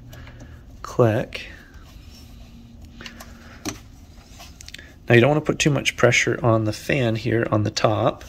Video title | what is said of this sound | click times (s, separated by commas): EASY! Honda Odyssey 2011-2017 Headlight Bulb Replacement! | let's see so this part now is going to just click right into place and you will hear it click | 0.9 s